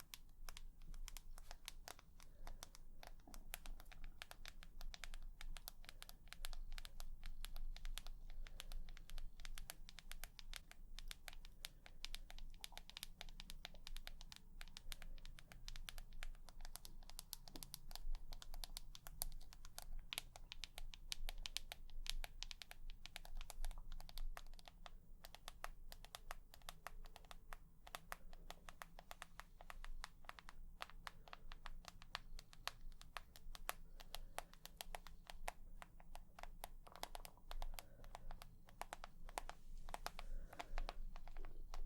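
Tapping goes on without a break for the whole clip, a dense run of quick, sharp clicks much like typing on a keyboard. The taps come fast and a bit unevenly, with brief thinner moments. A low steady hum sits underneath throughout.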